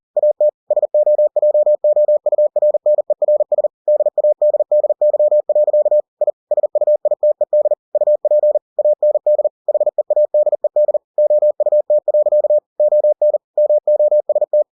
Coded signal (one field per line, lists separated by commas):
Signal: Morse code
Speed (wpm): 40 wpm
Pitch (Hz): 600 Hz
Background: none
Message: AT SOJOURNERS DADDY. I SUITED UP AND HEADED OUT. ON MOST